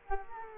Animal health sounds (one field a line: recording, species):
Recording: mosquito wingbeat signal from an infrared sensor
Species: Culex quinquefasciatus